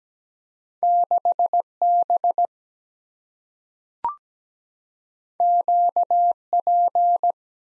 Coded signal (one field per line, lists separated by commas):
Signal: Morse code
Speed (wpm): 17 wpm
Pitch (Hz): 700 Hz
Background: none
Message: 6 B Q P